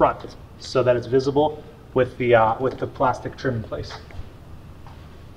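Someone talks while the plastic trim pieces over the reinstalled Ohmmu HEPA filter area of a Tesla Model X are being handled, front piece first, then the sides and top. The trim panel clips are meant to push down and click into place over the filter housing cover. In this clip nothing has seated or clicked yet.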